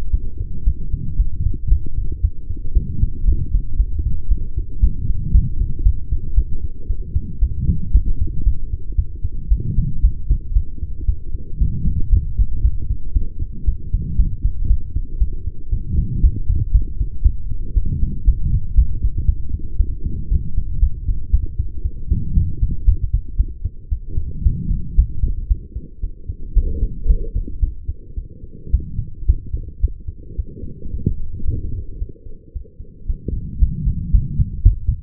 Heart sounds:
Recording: heart sounds by stethoscope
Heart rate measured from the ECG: 115 bpm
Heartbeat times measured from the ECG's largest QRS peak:
0.11 s: heartbeat
0.64 s: heartbeat
1.17 s: heartbeat
1.69 s: heartbeat
2.21 s: heartbeat
2.74 s: heartbeat
3.26 s: heartbeat
3.77 s: heartbeat
4.29 s: heartbeat
4.81 s: heartbeat
5.32 s: heartbeat
5.84 s: heartbeat
6.35 s: heartbeat
6.87 s: heartbeat
7.40 s: heartbeat
7.92 s: heartbeat
8.44 s: heartbeat
8.96 s: heartbeat
9.49 s: heartbeat
10.02 s: heartbeat
10.54 s: heartbeat
11.06 s: heartbeat
11.59 s: heartbeat
12.11 s: heartbeat
12.62 s: heartbeat
13.13 s: heartbeat
13.65 s: heartbeat
14.17 s: heartbeat
14.68 s: heartbeat
15.19 s: heartbeat
15.70 s: heartbeat
16.21 s: heartbeat
16.72 s: heartbeat
17.23 s: heartbeat
17.74 s: heartbeat
18.25 s: heartbeat
18.76 s: heartbeat
19.26 s: heartbeat
19.77 s: heartbeat
20.29 s: heartbeat
20.80 s: heartbeat
21.31 s: heartbeat
21.83 s: heartbeat
22.35 s: heartbeat
22.86 s: heartbeat
23.37 s: heartbeat
23.89 s: heartbeat
24.43 s: heartbeat
24.96 s: heartbeat
25.48 s: heartbeat
26.01 s: heartbeat
26.54 s: heartbeat
27.07 s: heartbeat
27.60 s: heartbeat
28.15 s: heartbeat
28.71 s: heartbeat
29.26 s: heartbeat
29.81 s: heartbeat
30.36 s: heartbeat
30.91 s: heartbeat
31.45 s: heartbeat
31.99 s: heartbeat
32.53 s: heartbeat
33.07 s: heartbeat
33.59 s: heartbeat
34.12 s: heartbeat
34.63 s: heartbeat
From the record:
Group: healthy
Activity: light exercise 0-21 s, rest 21-35 s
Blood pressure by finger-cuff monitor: 123/90 mmHg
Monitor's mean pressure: 99 mmHg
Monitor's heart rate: 115 bpm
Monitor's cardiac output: 7.7 L/min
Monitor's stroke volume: 66 mL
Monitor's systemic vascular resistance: 950 dyn s/cm5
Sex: female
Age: 23 years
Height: 160 cm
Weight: 50.4 kg

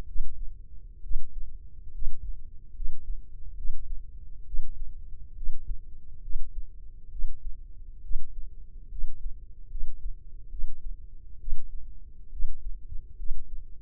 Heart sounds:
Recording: heart sounds by microphone in the left ear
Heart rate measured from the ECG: 69 bpm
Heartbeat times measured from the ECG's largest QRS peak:
0.06 s: heartbeat
1.02 s: heartbeat
1.92 s: heartbeat
2.74 s: heartbeat
3.55 s: heartbeat
4.45 s: heartbeat
5.35 s: heartbeat
6.21 s: heartbeat
7.10 s: heartbeat
8.01 s: heartbeat
8.89 s: heartbeat
9.69 s: heartbeat
10.49 s: heartbeat
11.38 s: heartbeat
12.30 s: heartbeat
13.17 s: heartbeat
From the record:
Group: healthy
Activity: rest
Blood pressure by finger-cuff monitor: 159/91 mmHg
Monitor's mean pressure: 111 mmHg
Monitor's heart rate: 68 bpm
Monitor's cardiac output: 6.1 L/min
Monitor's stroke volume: 88 mL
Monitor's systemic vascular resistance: 1350 dyn s/cm5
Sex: male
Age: 21 years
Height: 180 cm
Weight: 67.5 kg

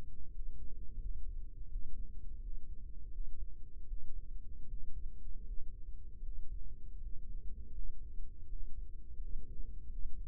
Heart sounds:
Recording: heart sounds by microphone in the right ear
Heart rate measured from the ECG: 81 bpm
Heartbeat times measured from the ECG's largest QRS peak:
0.29 s: heartbeat
0.97 s: heartbeat
1.67 s: heartbeat
2.38 s: heartbeat
3.08 s: heartbeat
3.84 s: heartbeat
4.65 s: heartbeat
5.42 s: heartbeat
6.20 s: heartbeat
6.97 s: heartbeat
7.70 s: heartbeat
8.45 s: heartbeat
9.16 s: heartbeat
9.86 s: heartbeat
From the record:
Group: healthy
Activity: rest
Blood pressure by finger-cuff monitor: 104/69 mmHg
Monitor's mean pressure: 78 mmHg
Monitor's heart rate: 81 bpm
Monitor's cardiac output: 5.8 L/min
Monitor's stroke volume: 70 mL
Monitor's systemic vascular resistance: 970 dyn s/cm5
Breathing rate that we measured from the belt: 28 breaths a minute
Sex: male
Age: 22 years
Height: 181 cm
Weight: 60 kg

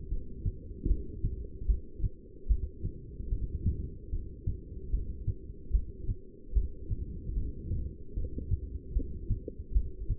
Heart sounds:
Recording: heart sounds by stethoscope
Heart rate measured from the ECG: 75 bpm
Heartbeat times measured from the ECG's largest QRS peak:
0.10 s: heartbeat
0.88 s: heartbeat
1.67 s: heartbeat
2.48 s: heartbeat
3.30 s: heartbeat
4.11 s: heartbeat
4.91 s: heartbeat
5.72 s: heartbeat
6.54 s: heartbeat
7.35 s: heartbeat
8.15 s: heartbeat
8.94 s: heartbeat
9.73 s: heartbeat
From the record:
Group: heart failure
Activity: rest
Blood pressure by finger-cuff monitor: 181/119 mmHg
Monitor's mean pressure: 138 mmHg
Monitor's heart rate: 75 bpm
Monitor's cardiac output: 6.9 L/min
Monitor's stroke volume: 93 mL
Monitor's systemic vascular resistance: 1510 dyn s/cm5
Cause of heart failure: non-ischemic cardiomyopathy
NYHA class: 1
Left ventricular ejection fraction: 62%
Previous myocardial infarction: absent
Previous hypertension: present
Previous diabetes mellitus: present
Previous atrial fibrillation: absent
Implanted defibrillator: absent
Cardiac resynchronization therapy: absent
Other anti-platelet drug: absent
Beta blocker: bisoprolol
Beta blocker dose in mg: 10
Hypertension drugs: sacubitril-valsartan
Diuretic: furosemide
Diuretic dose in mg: 20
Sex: male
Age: 49 years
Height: 167 cm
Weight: 110 kg

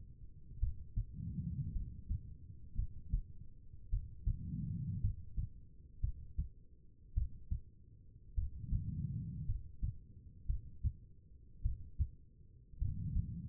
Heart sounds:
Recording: heart sounds by stethoscope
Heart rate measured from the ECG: 54 bpm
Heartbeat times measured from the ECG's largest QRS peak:
0.60 s: heartbeat
1.73 s: heartbeat
2.76 s: heartbeat
3.90 s: heartbeat
5.01 s: heartbeat
6.01 s: heartbeat
7.14 s: heartbeat
8.35 s: heartbeat
9.46 s: heartbeat
10.47 s: heartbeat
11.62 s: heartbeat
12.79 s: heartbeat
From the record:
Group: healthy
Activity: rest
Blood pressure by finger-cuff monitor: 86/58 mmHg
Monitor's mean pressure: 67 mmHg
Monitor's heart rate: 53 bpm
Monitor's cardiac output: 4.1 L/min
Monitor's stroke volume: 76 mL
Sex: female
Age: 36 years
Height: 163 cm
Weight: 88 kg

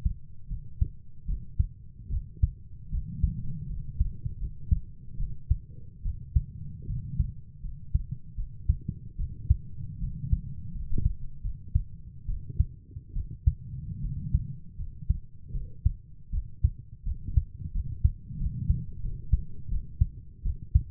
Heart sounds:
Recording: heart sounds by stethoscope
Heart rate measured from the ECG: 78 bpm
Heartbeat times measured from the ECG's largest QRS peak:
0.49 s: heartbeat
1.27 s: heartbeat
2.10 s: heartbeat
2.91 s: heartbeat
3.68 s: heartbeat
4.40 s: heartbeat
5.18 s: heartbeat
6.03 s: heartbeat
6.87 s: heartbeat
7.62 s: heartbeat
8.36 s: heartbeat
9.17 s: heartbeat
10.00 s: heartbeat
10.73 s: heartbeat
11.43 s: heartbeat
12.27 s: heartbeat
13.14 s: heartbeat
14.02 s: heartbeat
14.77 s: heartbeat
15.53 s: heartbeat
16.31 s: heartbeat
17.05 s: heartbeat
17.73 s: heartbeat
18.39 s: heartbeat
19.02 s: heartbeat
19.70 s: heartbeat
20.44 s: heartbeat
From the record:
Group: healthy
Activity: cold pressor test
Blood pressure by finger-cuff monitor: 96/53 mmHg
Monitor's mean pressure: 68 mmHg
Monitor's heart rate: 78 bpm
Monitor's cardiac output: 7.4 L/min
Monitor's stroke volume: 95 mL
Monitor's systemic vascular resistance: 650 dyn s/cm5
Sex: female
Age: 22 years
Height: 160 cm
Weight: 63 kg

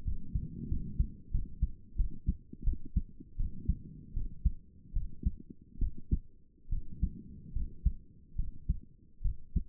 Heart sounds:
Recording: heart sounds by stethoscope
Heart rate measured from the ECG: 78 bpm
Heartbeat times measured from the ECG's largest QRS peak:
0.04 s: heartbeat
0.68 s: heartbeat
1.31 s: heartbeat
1.96 s: heartbeat
2.63 s: heartbeat
3.36 s: heartbeat
4.13 s: heartbeat
4.93 s: heartbeat
5.78 s: heartbeat
6.69 s: heartbeat
7.52 s: heartbeat
8.35 s: heartbeat
9.21 s: heartbeat
From the record:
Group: healthy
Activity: rest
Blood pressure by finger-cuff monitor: 142/77 mmHg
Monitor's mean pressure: 97 mmHg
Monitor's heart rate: 77 bpm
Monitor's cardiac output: 6.9 L/min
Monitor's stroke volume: 88 mL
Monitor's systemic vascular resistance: 1040 dyn s/cm5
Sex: female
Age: 22 years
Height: 154 cm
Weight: 58.7 kg

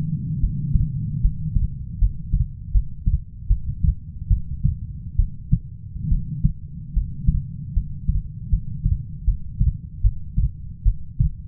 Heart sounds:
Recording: heart sounds by stethoscope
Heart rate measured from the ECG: 75 bpm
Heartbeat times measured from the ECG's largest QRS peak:
0.41 s: heartbeat
1.22 s: heartbeat
1.99 s: heartbeat
2.72 s: heartbeat
3.48 s: heartbeat
4.28 s: heartbeat
5.17 s: heartbeat
6.09 s: heartbeat
6.94 s: heartbeat
7.74 s: heartbeat
8.50 s: heartbeat
9.25 s: heartbeat
10.01 s: heartbeat
10.83 s: heartbeat
From the record:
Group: healthy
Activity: rest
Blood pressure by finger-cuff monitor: 139/70 mmHg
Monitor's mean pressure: 90 mmHg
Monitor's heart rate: 75 bpm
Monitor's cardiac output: 6.5 L/min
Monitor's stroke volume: 90 mL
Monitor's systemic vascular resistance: 1010 dyn s/cm5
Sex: female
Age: 37 years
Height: 168 cm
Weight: 70 kg

